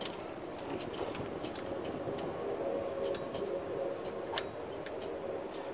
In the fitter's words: heard that snap and click that's getting secure now